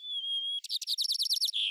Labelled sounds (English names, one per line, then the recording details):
White-crowned Sparrow song
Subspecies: nuttalli
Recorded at Abbotts Lagoon, California, in 2010
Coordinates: 38.122, -122.942
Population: north
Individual al12v_10